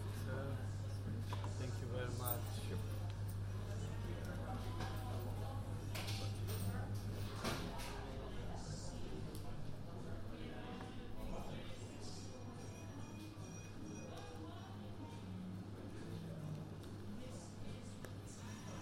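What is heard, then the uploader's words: A New Year's Eve walk around London, with a steady crowd murmur of many voices talking at once throughout. A low hum holds underneath, dropping slightly after about seven seconds, when a sharp bang cuts through. Scattered clicks and brief higher voices come and go. A walk around London, new years eve.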